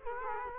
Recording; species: mosquito wingbeat signal from an infrared sensor; Culex quinquefasciatus